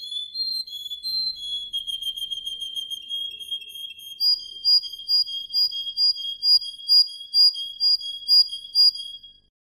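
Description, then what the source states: Canary in song: a fast rolling trill, then loud pure whistled notes pulsing about twice a second before stopping. Russian canary.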